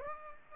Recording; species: mosquito wingbeat signal from an infrared sensor; Aedes aegypti